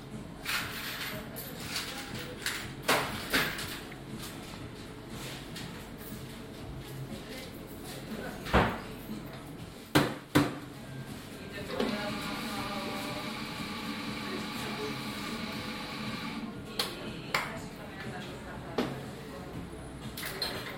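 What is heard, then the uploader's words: Inside a busy coffee shop, a low murmur of customers' voices runs throughout, broken by sharp clinks of crockery at around three, eight to ten, seventeen and nineteen seconds. From about twelve to sixteen seconds, the espresso machine gives out a steady whirring hiss. Ambient sound recorded along del Norte, the northern coastal route of the Camino de Santiago network of pilgrimage paths converging in Spain. These tiny meditations are made with binaural microphones, creating an immersive hyper-realistic listening experience.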